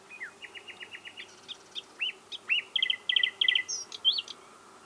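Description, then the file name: Common nightingale song: quick repeated notes, then varied looping whistles and paired upslurred notes that grow louder and richer toward the end. "Luscinia megarhynchos"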